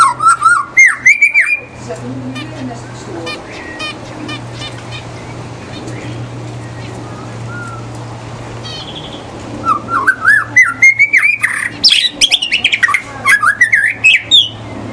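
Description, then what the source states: White-rumped shama song: loud whistled phrases at the start, a quiet middle with faint calls and a steady low hum, then a fast burst of varied whistles and trills. In the forest.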